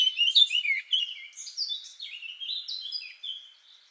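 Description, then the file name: Eurasian blackcap song: a short run of slurred, liquid whistled notes, gradually softening toward the end. "Sylvia atricapilla"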